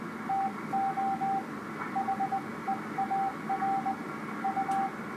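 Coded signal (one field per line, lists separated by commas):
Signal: Morse code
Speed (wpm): 20 wpm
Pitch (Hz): 780 Hz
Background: radio noise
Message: TO HEAR U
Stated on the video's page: Band conditions with all bands open 14 to 28 MHz, best in some time; a Mexican beacon heard on 10 meters.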